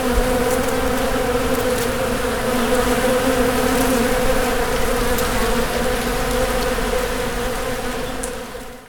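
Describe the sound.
Bees buzzing: a dense, steady droning hum from many insects, holding a constant pitch throughout before fading at the very end.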